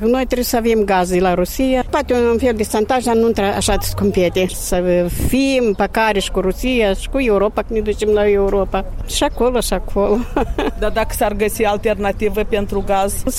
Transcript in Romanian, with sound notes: Noi trebuie să avem gaz de la Rusia, poate-i un fel de șantaj, dar nu așa scumpete să avem, să fie împăcare și cu Rusia, și cu Europa, că ne ducem la Europa. Și acolo, și acolo... (Râde.) Dar dacă s-ar găsi alternativă pentru gaz?